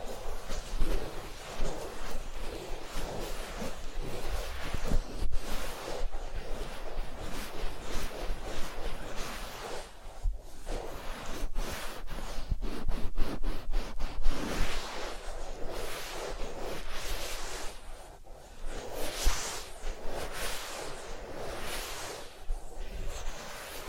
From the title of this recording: Massage, Ear Cleaning and Spa